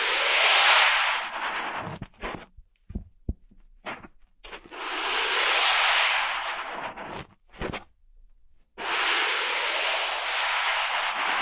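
An ear massage, with long stretches of dense, hissing rubbing near the start, middle and end. Between these, brief sharp taps and soft clicks come in quick, irregular bursts over near-silence.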